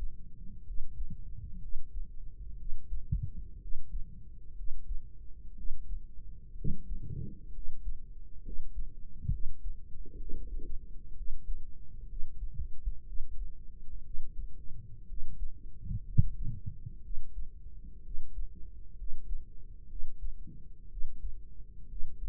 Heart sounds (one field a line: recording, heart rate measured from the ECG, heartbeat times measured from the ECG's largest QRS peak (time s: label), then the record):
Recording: heart sounds by microphone in the right ear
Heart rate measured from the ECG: 62 bpm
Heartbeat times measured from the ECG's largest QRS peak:
0.62 s: heartbeat
1.57 s: heartbeat
2.54 s: heartbeat
3.57 s: heartbeat
4.52 s: heartbeat
5.53 s: heartbeat
6.52 s: heartbeat
7.50 s: heartbeat
8.40 s: heartbeat
9.27 s: heartbeat
10.15 s: heartbeat
11.12 s: heartbeat
12.04 s: heartbeat
13.02 s: heartbeat
14.00 s: heartbeat
15.04 s: heartbeat
16.02 s: heartbeat
16.99 s: heartbeat
18.00 s: heartbeat
18.93 s: heartbeat
19.85 s: heartbeat
20.86 s: heartbeat
21.85 s: heartbeat
From the record:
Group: healthy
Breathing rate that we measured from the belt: 16 breaths a minute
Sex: female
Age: 23 years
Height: 160 cm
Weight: 50.4 kg